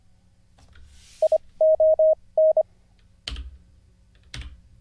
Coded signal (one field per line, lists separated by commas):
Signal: Morse code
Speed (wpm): 25 wpm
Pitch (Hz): 630 Hz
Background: none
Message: ION